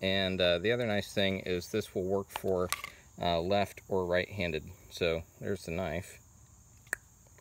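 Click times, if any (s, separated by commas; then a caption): 6.9 s. Someone talks while a Ganzo G806 fixed-blade knife is pushed into its plastic sheath, which has a bit of retention and takes some push to seat and can be worn for left- or right-handed use. After the talking stops, a single sharp click at 6.9 s marks the knife snapping into the sheath.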